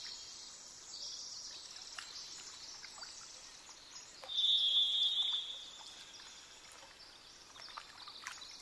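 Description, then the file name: Varied thrush singing one sustained, buzzy whistled tone lasting about a second, set against steady background hiss and scattered soft ticks. "jh-040427-variedthrush"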